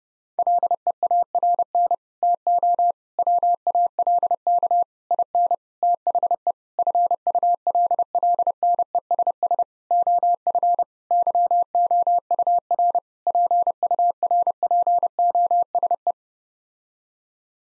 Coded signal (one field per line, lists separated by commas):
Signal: Morse code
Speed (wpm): 30 wpm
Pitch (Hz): 700 Hz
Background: none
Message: LEARN TO WALK IN THE FULLNESS OF YOUR PURPOSE